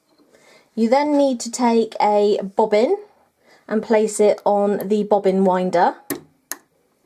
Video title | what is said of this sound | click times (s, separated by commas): How To Thread A Sewing Machine - Brother INNOV-is 20 | until it clicks, | 6.5 s